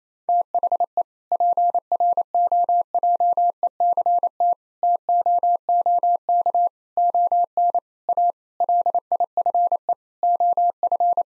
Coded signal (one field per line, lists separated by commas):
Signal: Morse code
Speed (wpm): 28 wpm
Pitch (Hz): 700 Hz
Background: none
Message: THE PROJECT TOOK ON A LIFE OF